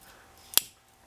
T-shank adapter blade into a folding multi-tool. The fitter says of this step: go ahead try that again and then it snaps firmly in place and then it